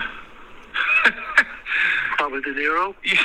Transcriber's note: laughter